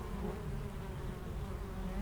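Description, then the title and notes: Honey bees buzz in a brief unbroken low drone, no other sound standing out. Honey bees foraging between two hives of a garden apiary in Aix-les-Bains, France, flying back and forth to flowers. "41 Chem. de Memard, 73100 Aix-les-Bains, France - Les abeilles. Entre deux ruches du rucher du jardin vagabond à Aix-les-bains les abeilles sont en pleine collecte et font d'incessants aller retour vers les fleurs, quelques oiseaux dans le bois voisin"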